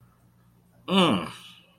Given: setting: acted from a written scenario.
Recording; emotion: vocal sound without words; ecstasy